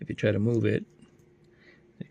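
Someone talks while moving the contact end of a split magnetic charging cable away from the charging contacts on the stem of a pair of OICIIDO smart glasses. After a quiet stretch, a short, sharp click at 2.0 s marks the end falling and snapping back magnetically onto the stem contacts. The connector is seated right where it needs to go.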